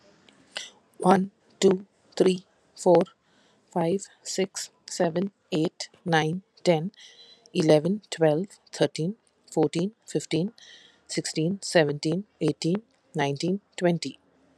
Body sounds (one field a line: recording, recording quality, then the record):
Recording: counting at a normal pace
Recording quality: excellent, no background noise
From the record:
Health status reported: healthy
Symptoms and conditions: none ticked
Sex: female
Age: 43 years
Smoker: not ticked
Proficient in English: yes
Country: India